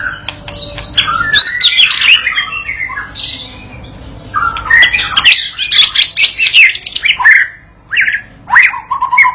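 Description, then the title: White-rumped shama pouring out rich, varied song of tumbling whistles and harsh notes, pausing once before resuming loudly. Provoking training song used to teach a young shama to sing persistently; said to make the bird answer straight away. "MURAI BATU PAUD BELAJAR GACOR, AJARI DENGAN MASTERAN PANCINGAN INI, PANCING LANGSUNG NYAUT"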